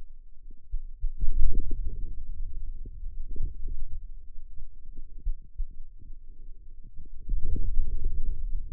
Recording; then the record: forearm muscle sounds (acoustic myography)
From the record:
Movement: hand opening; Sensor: system 2, bracelet of six BSWA MPA416 microphones around the upper forearm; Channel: 6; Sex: male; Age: 22 years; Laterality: right